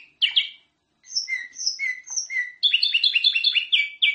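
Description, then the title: Sooty-headed bulbul song: a few sharp chirps, then three clear whistled notes, ending in a fast run of bright repeated notes. "Suara Burung Kutilang"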